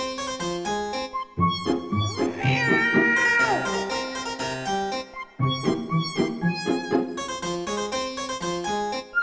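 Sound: kittens meowing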